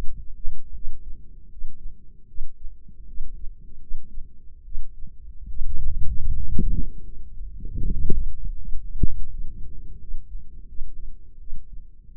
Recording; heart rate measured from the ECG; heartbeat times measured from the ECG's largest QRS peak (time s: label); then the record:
heart sounds by microphone in the left ear; 79 bpm
0.72 s: heartbeat
1.48 s: heartbeat
2.26 s: heartbeat
3.05 s: heartbeat
3.78 s: heartbeat
4.63 s: heartbeat
5.46 s: heartbeat
6.24 s: heartbeat
7.02 s: heartbeat
7.82 s: heartbeat
8.56 s: heartbeat
9.28 s: heartbeat
9.98 s: heartbeat
10.66 s: heartbeat
11.38 s: heartbeat
12.14 s: heartbeat
From the record:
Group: healthy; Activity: rest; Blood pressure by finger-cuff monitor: 139/72 mmHg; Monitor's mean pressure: 93 mmHg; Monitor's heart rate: 78 bpm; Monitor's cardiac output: 7.2 L/min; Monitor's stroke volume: 96 mL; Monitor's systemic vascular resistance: 950 dyn s/cm5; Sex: female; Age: 22 years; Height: 154 cm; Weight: 58.7 kg